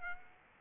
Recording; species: mosquito wingbeat signal from an infrared sensor; Aedes aegypti